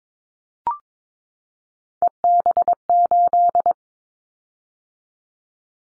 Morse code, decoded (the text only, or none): EB8